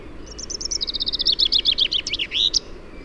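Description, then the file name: Common chaffinch song: a run of high chirps in several quick phrases, ending in a short flourish, a little over two seconds long. "Fringilla coelebs"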